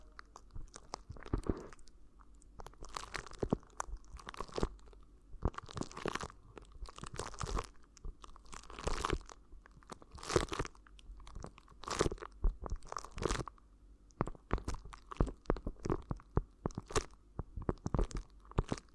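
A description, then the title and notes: Crinkly ear massage sounds: bursts of sharp rustling and crunching, uneven but nearly constant, with brief pauses and a faint low hum underneath. ASMR Addictive Crinkly Ear Massage (No Talking).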